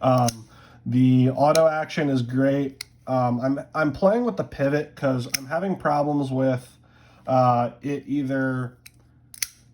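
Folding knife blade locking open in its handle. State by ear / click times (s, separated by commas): partly seated / 9.3 s, 9.4 s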